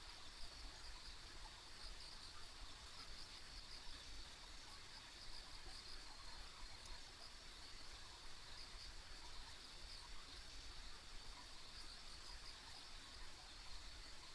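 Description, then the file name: Steady high insect trilling runs without pause, dotted with brief chirps, over a quiet, even outdoor hiss. Ambient insect sounds along a rural country road. "田舎道の虫の環境音"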